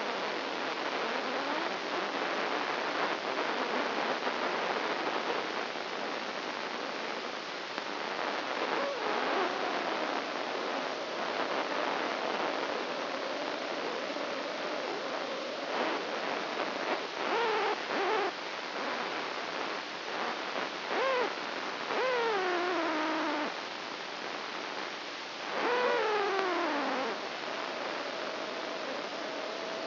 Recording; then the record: brain microelectrode recording played as sound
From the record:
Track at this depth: inside the subthalamic nucleus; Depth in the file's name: 2.604 mm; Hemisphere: right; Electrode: 2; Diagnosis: Parkinson's disease